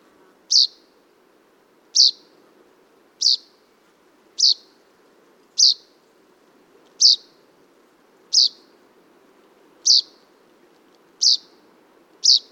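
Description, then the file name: Common chaffinch calls: ten short sharp high notes repeated steadily about every one to one and a half seconds, over a faint low background hum. "Fringilla coelebs"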